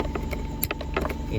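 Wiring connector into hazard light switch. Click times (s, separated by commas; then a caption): 0.6 s. A wiring connector is plugged into the repaired hazard light switch behind the dashboard panel of a 9th-generation (2001–2007) Toyota Corolla. It seats with a sharp click at 0.6 s, with softer handling clicks and rustles around it over a low steady hum. The connector is confirmed clicked in place.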